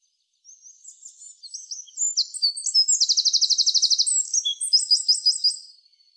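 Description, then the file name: Eurasian wren song, a loud rapid burst of high tinkling notes building into a fast machine-gun trill, then ending in quick warbled phrases; background otherwise silent. "Troglodytes troglodytes"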